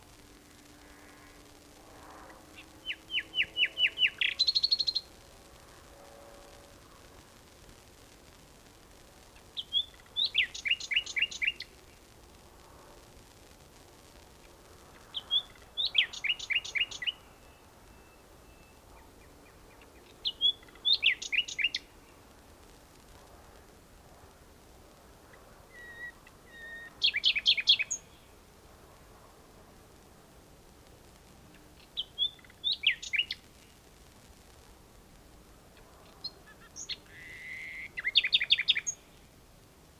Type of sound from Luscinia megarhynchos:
song